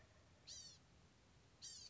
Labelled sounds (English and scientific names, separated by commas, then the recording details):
Blue-gray Gnatcatcher (Polioptila caerulea)
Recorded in Sonoma County, California